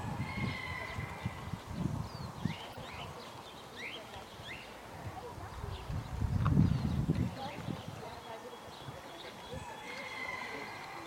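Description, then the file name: Pot-bellied pig giving low, rough grunts in uneven bursts, loudest near the middle, with small birds chirping and whistling throughout. Pot-bellied pig kept in a wildlife park at Haltern. "Haltern - Naturwildpark Granat - Pot-bellied pig"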